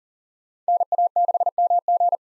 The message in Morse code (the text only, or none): NA6MG